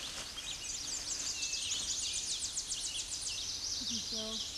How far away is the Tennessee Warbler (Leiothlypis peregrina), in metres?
about 25 m